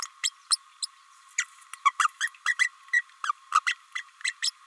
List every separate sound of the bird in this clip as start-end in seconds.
0.23-0.29, 0.50-0.57, 0.82-0.86, 1.38-1.46, 1.85-1.92, 1.99-2.07, 2.20-2.30, 2.45-2.55, 2.58-2.68, 2.93-3.02, 3.24-3.32, 3.51-3.60, 3.66-3.75, 3.95-4.03, 4.24-4.34, 4.42-4.50